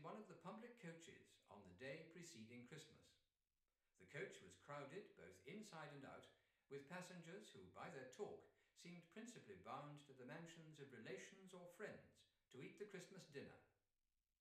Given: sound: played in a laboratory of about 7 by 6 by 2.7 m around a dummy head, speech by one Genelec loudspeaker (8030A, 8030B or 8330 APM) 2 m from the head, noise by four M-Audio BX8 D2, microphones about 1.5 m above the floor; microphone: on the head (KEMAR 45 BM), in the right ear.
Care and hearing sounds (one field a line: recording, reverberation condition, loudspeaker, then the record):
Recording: male speech in English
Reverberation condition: medium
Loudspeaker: 120 degrees to the right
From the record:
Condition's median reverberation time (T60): about 510 ms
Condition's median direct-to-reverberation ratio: about -0.5 dB